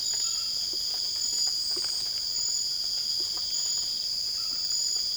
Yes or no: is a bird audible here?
no